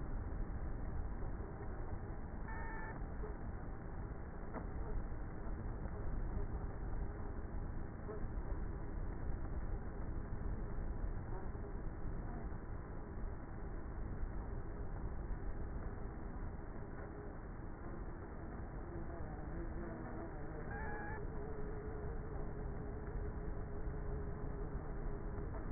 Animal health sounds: honeybee colony, microphone inside the hive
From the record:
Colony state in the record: queenless with a low population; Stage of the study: before two queens were removed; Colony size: about 30,000 bees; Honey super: no

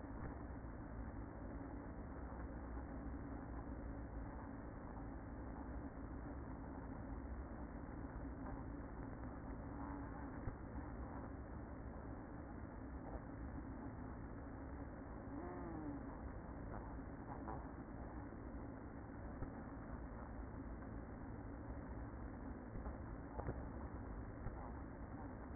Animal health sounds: honeybee colony, microphone inside the hive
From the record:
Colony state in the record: queen present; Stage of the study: after two queens were removed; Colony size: about 60,000 bees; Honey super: yes

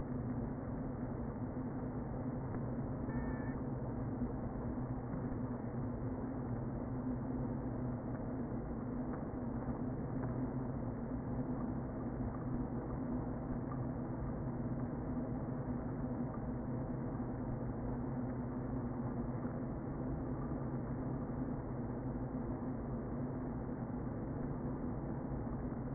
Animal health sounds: honeybee colony, microphone inside the hive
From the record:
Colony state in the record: queen present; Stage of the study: before two queens were removed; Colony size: about 60,000 bees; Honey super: yes

